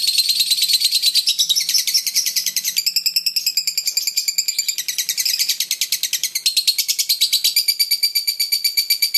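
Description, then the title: Oriental magpie-robin song: a rapid, continuous stream of high chirps and trills, pulsing quickly, with the pattern shifting every few seconds. "Kicau Kacer"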